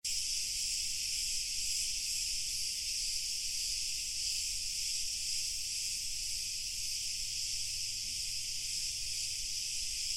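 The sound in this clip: Cicadas drone in a steady, unbroken high-pitched buzz throughout, with faint low background rumble.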